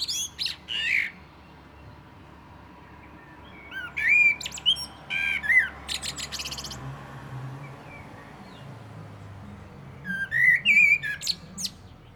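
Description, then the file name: Common blackbird song: several separate phrases of mellow warbling mixed with sharp, high squeaky notes, with pauses of a few seconds between them. "Turdus merula"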